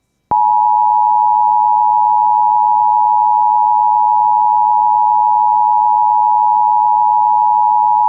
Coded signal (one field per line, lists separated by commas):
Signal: Emergency Alert System (SAME) tones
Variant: 853 and 960 Hz attention tone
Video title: Severe Thunderstorm Warning EAS#159